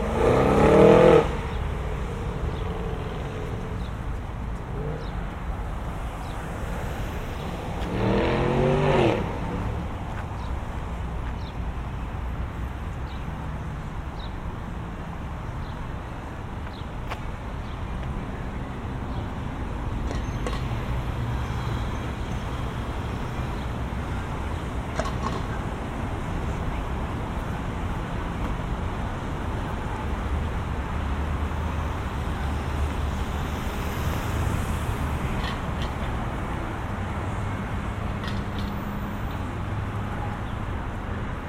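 A walk home from the mall through suburban streets, with a steady low rumble of traffic throughout. A loud vehicle passes at the start and another swells around eight to nine seconds, with occasional soft knocks and brief voices over the constant road noise.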